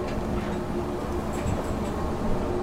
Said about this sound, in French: donc a demandé au pilote de mettre plein gaz. Et là on est plein gaz, on l'entend